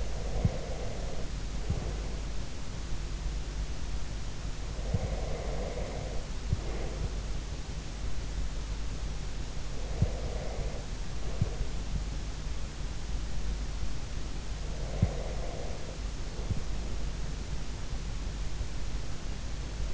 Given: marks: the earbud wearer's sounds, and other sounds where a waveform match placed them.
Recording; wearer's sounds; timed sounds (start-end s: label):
sounds in sleep by an in-ear microphone; breath
0.00-2.14 s: breath
4.80-7.01 s: breath
9.99-11.88 s: breath
14.84-16.59 s: breath